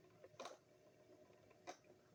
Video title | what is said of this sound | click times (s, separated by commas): Hornby Western Region MK1s Review | Oh, and I had two clicks on each one, so | 0.4 s